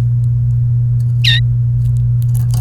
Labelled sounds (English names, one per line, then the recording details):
Domestic Canary song
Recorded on 29 April 2018 at 12:59
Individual llb3